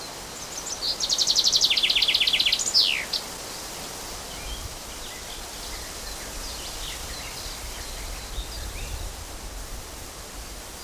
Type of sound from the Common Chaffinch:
song